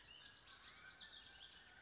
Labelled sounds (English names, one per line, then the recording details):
Warbling Vireo
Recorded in Sonoma County, California